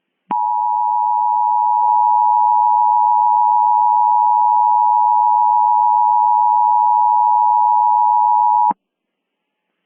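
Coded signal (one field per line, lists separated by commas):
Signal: Emergency Alert System (SAME) tones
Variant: 853 and 960 Hz attention tone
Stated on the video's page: Fictional mock EAS scenario using valid EAS tones.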